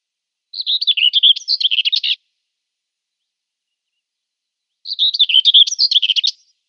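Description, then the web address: Common whitethroat singing two short, hurried, scratchy phrases, each about one and a half seconds, separated by a quiet gap of roughly three seconds. "Schulze Peter Whitethroat song"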